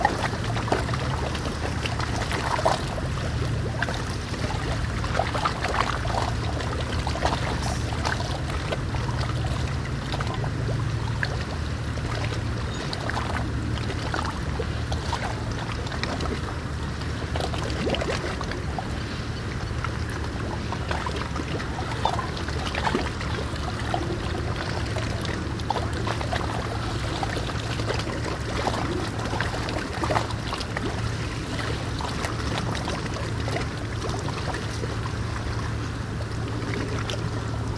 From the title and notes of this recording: Lloydkade Rotterdam. The sound of small waves against the dock. Het geluid van kleine golfjes tegen de kade.